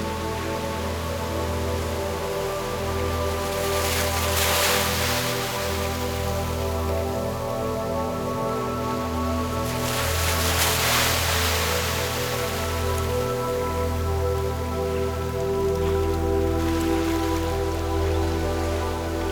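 Light ocean waves wash in with a crisp, hissing spray, two brighter surges swelling near five and eleven seconds over an otherwise even, close-sounding fizz. A steady low drone sits underneath throughout, and the overall level hardly changes.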